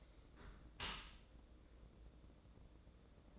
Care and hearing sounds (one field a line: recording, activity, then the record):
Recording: daily activity, microphone in the room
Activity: close dishwasher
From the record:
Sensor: 3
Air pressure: 1012.3 hPa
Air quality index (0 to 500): 147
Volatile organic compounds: 2 ppm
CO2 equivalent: 1130 ppm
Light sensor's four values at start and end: 554/1364/562/558 and 555/1367/563/559